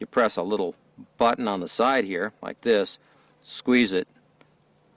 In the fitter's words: the blade opens up and locks into place to